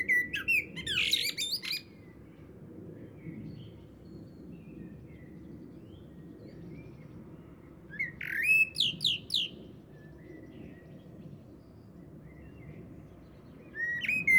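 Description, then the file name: Eurasian blackbird song: short mellow warbles, each finishing in high squeaky notes, spaced several seconds apart, over a constant low background hum. "Turdus merula"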